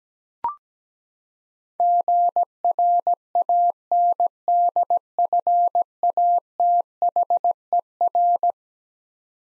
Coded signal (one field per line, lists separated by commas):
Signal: Morse code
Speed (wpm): 17 wpm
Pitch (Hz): 700 Hz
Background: none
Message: GRANDFATHER